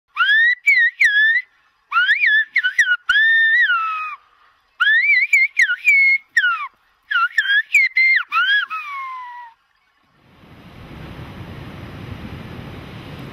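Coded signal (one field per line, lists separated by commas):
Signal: whistled language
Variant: Silbo Gomero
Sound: human whistling gliding up and down in short phrases, like speech melody, then hiss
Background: wind or outdoor noise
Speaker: The whistling Sound you just heard is a Language That's thousands of years old It's native only to a small Island off the West Coast of africa called lagoma in the Spanish canary islands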